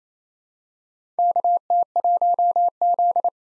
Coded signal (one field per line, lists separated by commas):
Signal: Morse code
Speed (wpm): 27 wpm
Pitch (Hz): 700 Hz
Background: none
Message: KT1Z